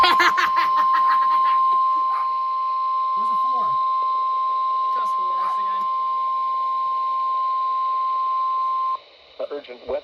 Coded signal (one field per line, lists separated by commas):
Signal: Emergency Alert System (SAME) tones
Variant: 1050 Hz attention tone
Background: speech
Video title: START TO 2026… EAS Alerts from 3/7/26 EAS#414-EAS#441